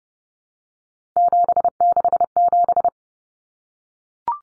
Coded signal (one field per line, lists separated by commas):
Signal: Morse code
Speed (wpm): 30 wpm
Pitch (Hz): 700 Hz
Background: none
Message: 767